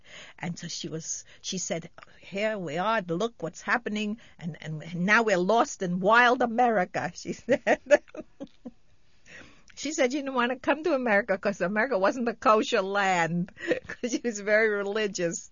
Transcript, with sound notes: And so she was, she said, "Here we are, look what's happening, and now we're lost in wild America," she said. ( she laughs ) She said she didn't want to come to America, because America wasn't a kosher land, because she was very religious.